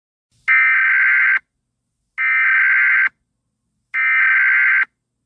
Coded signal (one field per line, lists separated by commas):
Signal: Emergency Alert System (SAME) tones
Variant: header bursts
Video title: EAS Scenario: The Halloween Masscure!!